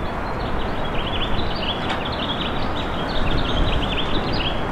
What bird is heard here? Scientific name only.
Haemorhous mexicanus